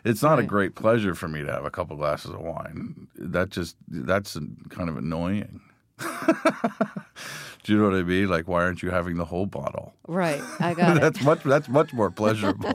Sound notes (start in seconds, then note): 6.0 laughing; 10.2 laughing